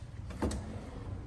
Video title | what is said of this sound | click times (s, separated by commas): Install a 2nd row of pull out trays | push it back until we hear the clicks | 0.4 s, 0.5 s